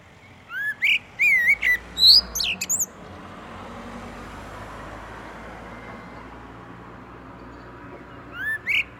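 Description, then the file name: Common blackbird calls, a burst of several squeaky rising and falling notes, then a long quiet stretch with steady background noise before two more notes at the end. "Turdus merula"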